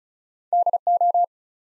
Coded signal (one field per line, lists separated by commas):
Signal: Morse code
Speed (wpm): 36 wpm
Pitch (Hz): 700 Hz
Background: none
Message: DO